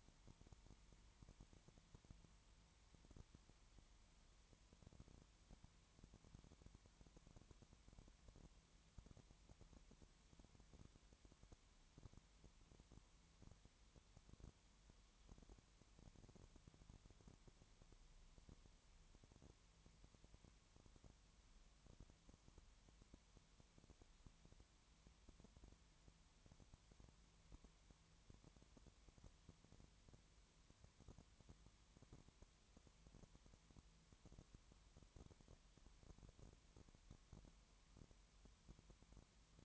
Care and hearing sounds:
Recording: daily activity, microphone in the room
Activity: no activity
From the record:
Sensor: 3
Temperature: 20.5 degrees Celsius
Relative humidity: 32.9%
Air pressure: 1003.2 hPa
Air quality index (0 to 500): 106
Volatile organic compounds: 2 ppm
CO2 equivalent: 1073 ppm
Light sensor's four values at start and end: 2/3/2/2 and 2/3/2/2

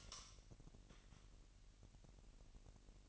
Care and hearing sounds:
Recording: daily activity, microphone in the room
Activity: light on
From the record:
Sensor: 4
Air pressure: 1002.7 hPa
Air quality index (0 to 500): 250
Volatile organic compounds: 15 ppm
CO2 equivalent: 2508 ppm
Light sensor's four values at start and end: 6/14/5/6 and 7/17/6/7

